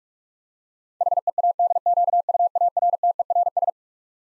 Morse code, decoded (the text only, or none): HEADQUARTERS